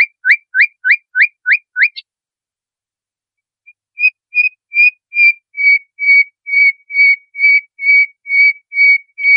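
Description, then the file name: Nightingale song: a quick run of rising chirps, a pause, then a long series of pure whistled notes repeated steadily. Training recording (masteran) used to teach caged songbirds. "suara masteran nightingale"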